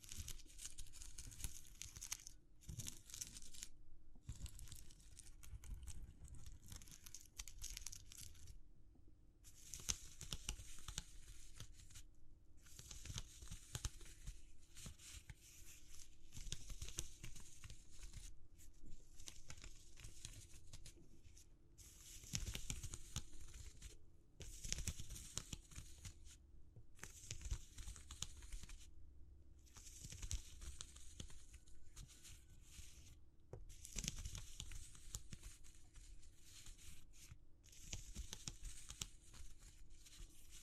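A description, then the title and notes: Exploring textures with close handling sounds: dense crinkling, scratching and rustling that runs in bursts through most of the clip, with brief silent gaps around 3, 8, 12 and 19 seconds. A low steady hum sits underneath, and the hiss is bright and crisp. ASMR Exploring Textures (No Talking).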